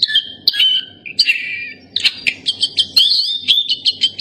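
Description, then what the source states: Nightingale song: varied phrases of drawn-out whistles and a rhythmic series of short, sharp repeated notes. Tutor song used for training pet songbirds to sing.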